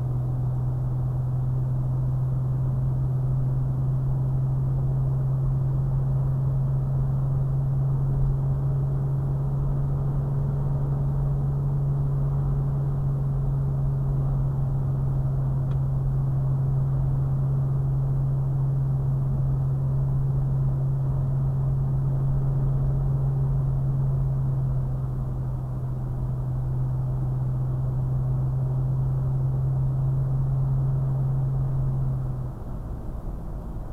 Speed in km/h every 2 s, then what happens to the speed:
69, 69, 72, 72, 74, 74, 74, 72, 72, 72, 72, 72, 69, 69, 71, 69, 64.
0-34 steady at about 72.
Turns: none.